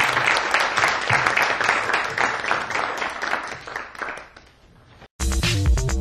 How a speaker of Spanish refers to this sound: Y bueno, pues muchas gracias. Un aplauso, por favor, para ellos y para ellos.